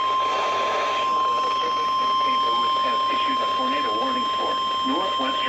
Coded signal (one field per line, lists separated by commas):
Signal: Emergency Alert System (SAME) tones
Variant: 1050 Hz attention tone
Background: speech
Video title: Today's Prize Is Storms| EAS Alerts From 5/27/2021 (EAS #540-586)